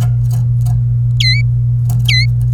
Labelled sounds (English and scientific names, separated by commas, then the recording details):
Domestic Canary (Serinus canaria) song
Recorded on 26 April 2018 at 16:46
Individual llb3